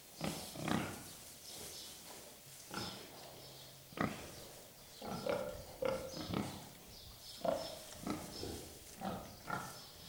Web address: BBC Pigs. pigs in shed with distant birds